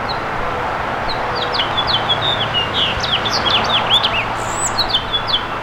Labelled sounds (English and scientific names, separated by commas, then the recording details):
House Finch (Haemorhous mexicanus) song
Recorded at Babylon on Long Island, New York, on 18 May 2013
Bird F